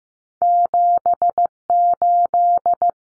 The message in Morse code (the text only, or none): 78